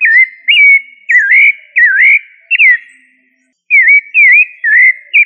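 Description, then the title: Thrush whistling bright, looping slurred notes in a quick series, a brief silent gap, then more rising and falling whistles. "Familia Turdidae - Sabia"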